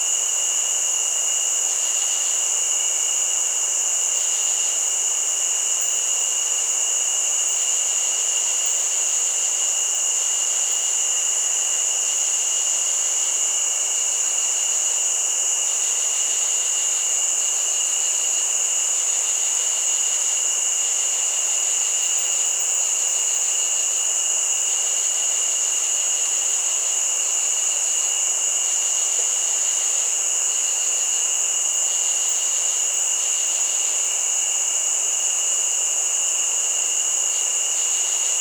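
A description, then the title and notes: Crickets chirr in a steady, dense chorus that never lets up, with a piercing high whine on top and a second thinner band of trills below it. Faint pulsing flickers through the chorus every second or so, and there are no low sounds at all. The Crickets are Alive and Well.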